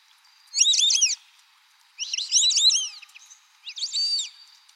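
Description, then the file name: White-faced whistling duck calling three times, each a bright cluster of high, clipped whistles that rise and fall quickly, about a second apart. "canto do irere"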